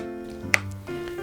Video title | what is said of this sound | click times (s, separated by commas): Tech Tips with John: Guardian Knee Tips and Tricks | See, sometimes you can hear it click. | 0.5 s